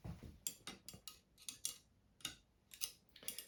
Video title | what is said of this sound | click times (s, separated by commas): Will the 1992 Honda CR250 run & ride? | Until you hear the click. Clickety-clack, clickety-clack. | 0.5 s, 1.6 s, 2.2 s